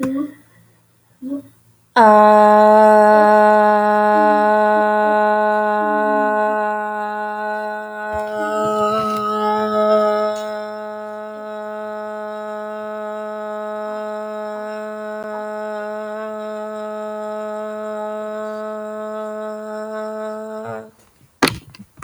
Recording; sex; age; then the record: vowel held as long as possible; female; 20 to 29 years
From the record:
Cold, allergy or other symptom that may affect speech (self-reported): no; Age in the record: 25 years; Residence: Texas, United States